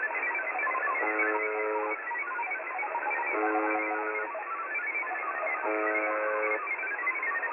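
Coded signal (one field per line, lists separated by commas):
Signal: channel marker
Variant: UVB-76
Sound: three short harsh buzzes over warbling, hopping digital tones and band-limited hiss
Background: radio static, digital jamming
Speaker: the evening of October the 10th saw the buzzer on 4625 khz being trolled by a wobbling digital type noise these trolling and jamming attempts don't seem to affect the buzzer at all and certainly don't overpower its huge signal take a listen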